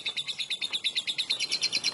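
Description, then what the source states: Lovebird trill: fast, even pulses of high chattering notes continuing steadily through the whole moment. Long 'ngekek' lovebird trill, used as a master song and lure (kicau pancingan).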